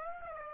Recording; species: mosquito wingbeat signal from an infrared sensor; Aedes aegypti